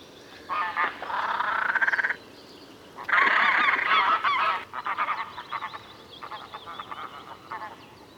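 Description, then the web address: Great crested grebe song: two drawn-out harsh, rapidly pulsed calls, then shorter broken phrases. "chant xeno-canto grebe huppe"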